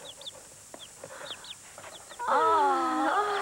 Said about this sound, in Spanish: Son mis pollos. Mira.